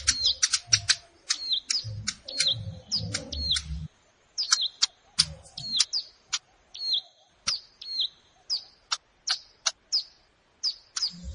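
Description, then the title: Plain prinia song: high downslurred notes and sharp clicks repeated in a steady rhythm, with some low thumping early. Recorded in a rice field (sawah). "Ciblek Sawah"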